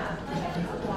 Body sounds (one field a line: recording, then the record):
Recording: background sound without coughing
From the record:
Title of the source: 60 minutes of coffee shop sounds for study and concentration